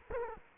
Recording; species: mosquito wingbeat signal from an infrared sensor; Culex quinquefasciatus